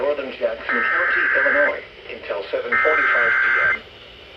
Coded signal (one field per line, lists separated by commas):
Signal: Emergency Alert System (SAME) tones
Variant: header bursts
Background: speech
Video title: EAS #716 & #717 Severe Thunderstorm Warnings with damage history